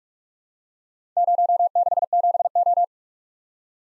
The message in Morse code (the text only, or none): 067O